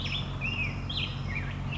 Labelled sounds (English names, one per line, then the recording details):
California Towhee
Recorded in Sonoma County, California